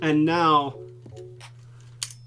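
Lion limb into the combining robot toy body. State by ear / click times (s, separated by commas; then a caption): seated / 2.0 s. Someone talks, then a plastic lion limb, with its spring clips repaired, is pushed back into the die-cast Voltron combining robot toy body. It snaps into place with a sharp click at 2.0 s, followed by a faint rattle, and the limb is seated.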